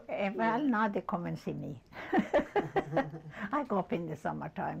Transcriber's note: laughs